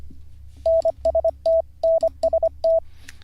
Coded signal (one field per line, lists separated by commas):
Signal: Morse code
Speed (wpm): 25 wpm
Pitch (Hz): 660 Hz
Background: none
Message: NST NST